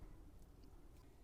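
A crimped wire terminal pin is being handled and pushed, wire facing up, toward a plastic ESC connector housing, with a steady low rumble throughout. Nothing has seated or clicked yet.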